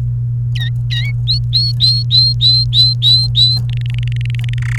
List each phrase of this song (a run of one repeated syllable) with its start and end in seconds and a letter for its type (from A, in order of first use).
0.55-1.11 A, 1.27-3.60 B, 3.69-4.59 C, 4.62-4.78 D